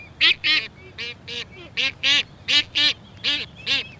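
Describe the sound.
Albatross giving harsh, braying calls in pairs of rasping notes, with brief pauses between pairs.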